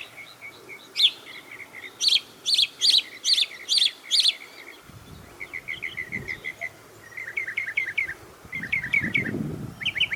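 Bird song: a run of loud chirps, then softer rapid series of short notes, with some low rustling noise.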